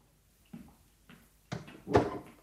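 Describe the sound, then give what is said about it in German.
A door opening and closing as a visitor is shown out, in the SRF radio crime series Mein Name ist Paul Cox: two soft clicks or rattles, then a firmer knock followed by a louder, fuller thud as it shuts. No one speaks. “Kommen Sie, Mary, weisen Sie mir die Tür.”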